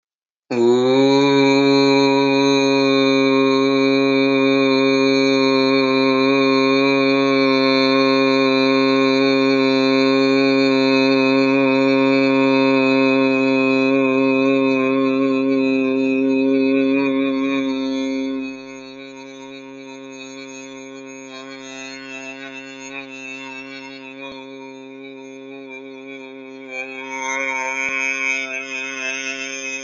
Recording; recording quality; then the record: sustained vowel as in boot; excellent, no background noise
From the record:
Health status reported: healthy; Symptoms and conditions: none ticked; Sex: male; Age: 23 years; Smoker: not ticked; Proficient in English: yes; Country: India